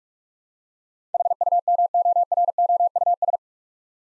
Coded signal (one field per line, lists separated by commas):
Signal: Morse code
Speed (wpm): 42 wpm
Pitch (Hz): 700 Hz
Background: none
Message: HUMOROUS